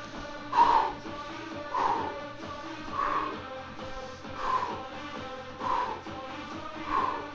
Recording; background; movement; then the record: deep breathing; music; sitting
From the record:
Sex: male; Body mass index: 22.0 kg/m2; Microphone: on the chest, facing outward